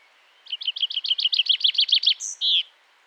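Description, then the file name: Common chaffinch song: a quick rattling series of many bright notes, closing with a short emphatic flourish. "Fringilla coelebs"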